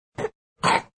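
Two short, harsh cough bursts from a toddler within one second, the second louder and longer than the first. A plain toddler cough, listed among sick sound effects.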